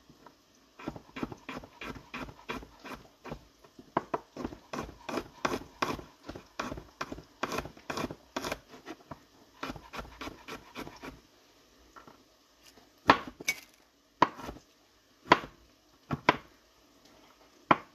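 A knife chops vegetables on a board in quick, regular strokes, roughly two or three per second, crisp for the first eleven seconds. After a brief pause, slower scattered knocks and clinks of utensils follow, a few louder and brighter than the rest.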